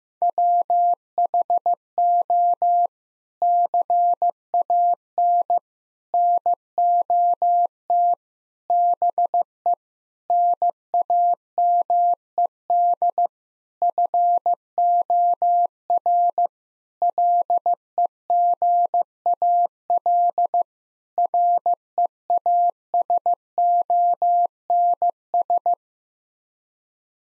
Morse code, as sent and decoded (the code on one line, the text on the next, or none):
.-- .... --- / -.-. .- -. / -. --- - / -... . / -. .- -- . -.. / ..-. --- .-. / .-.. . --. .- .-.. / .-. . .- ... --- -. ...
WHO CAN NOT BE NAMED FOR LEGAL REASONS